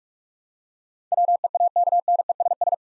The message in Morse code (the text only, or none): WEAKNESS